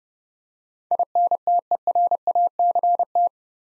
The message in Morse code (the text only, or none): INTERACT